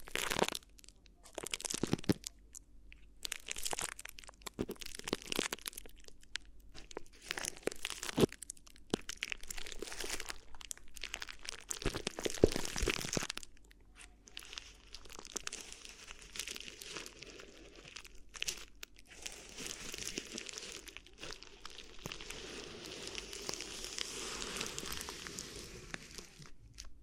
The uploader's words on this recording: ASMR Addictive Crinkly Ear Massage (No Talking).